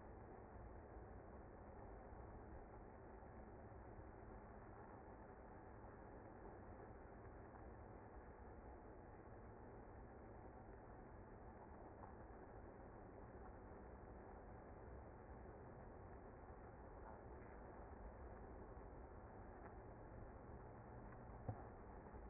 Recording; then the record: honeybee colony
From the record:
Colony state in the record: active